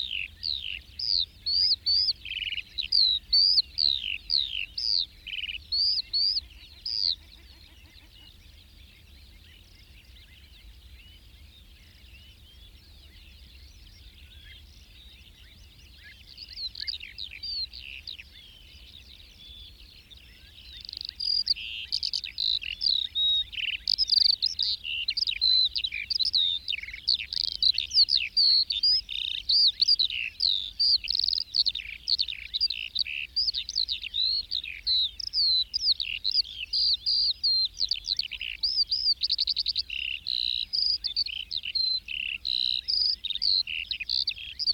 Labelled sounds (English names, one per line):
Eurasian Skylark song